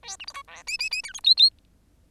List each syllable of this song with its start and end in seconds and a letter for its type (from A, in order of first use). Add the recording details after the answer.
0.03-0.16 A, 0.19-0.26 B, 0.27-0.33 C, 0.34-0.43 D, 0.47-0.63 E, 0.67-0.77 F, 0.79-0.89 F, 0.91-1.02 F, 1.03-1.13 G, 1.13-1.20 H, 1.24-1.35 I, 1.37-1.50 I. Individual Bird10